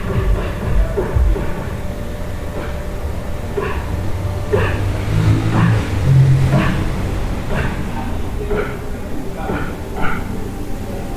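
Noises in a hostel room: a steady low rumble with murmuring voices, and short bright knocks or clicks recurring throughout every second or so.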